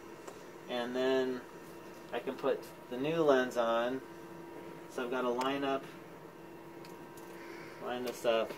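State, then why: Not seated. Someone talks while lining up a new interchangeable lens with its mount on a Keyence digital light microscope head before pushing it home. A steady low hum runs underneath, with a faint tick near 0.3 s. The lens has not yet seated or clicked into place.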